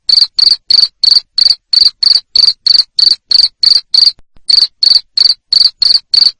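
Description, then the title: Cricket calling with bright, repeated chirps about three per second, briefly stopping once before resuming. Loud cricket chirping used to make lovebirds keep singing (ngekek). "Suara JANGKRIK NGERIK Keras Bikin LOVEBIRD Jadi NGEKEK Terus Vubey"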